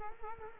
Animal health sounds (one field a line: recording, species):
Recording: mosquito wingbeat signal from an infrared sensor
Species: Culex quinquefasciatus